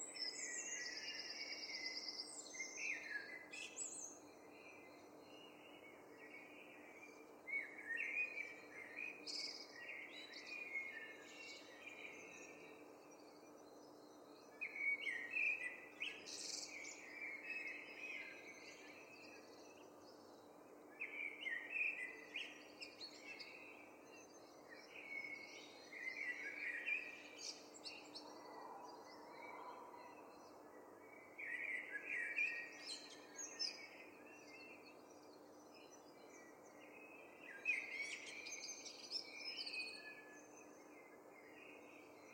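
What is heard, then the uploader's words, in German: Birds sing through the morning in a city, with bright, chirping phrases coming in bursts every few seconds, some louder around 15 and 25 seconds. A steady low hum and faint city rumble stay underneath throughout. Im Herzen der geschäftigen Stadt Berlin liegt eine verborgene Symphonie, die mit den ersten Sonnenstrahlen erwacht - der bezaubernde Morgengesang der Vögel.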